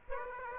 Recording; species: mosquito wingbeat signal from an infrared sensor; Aedes aegypti